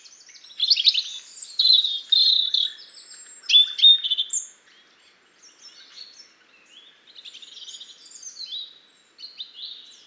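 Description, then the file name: European robin song: high, varied warbling phrases with thin whistles and rapid trills, loud for the first few seconds, then softer, scratchier fragments after a brief pause. "Erithacus rubecula"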